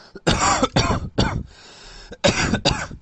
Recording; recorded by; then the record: voluntary cough; messaging app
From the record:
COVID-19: negative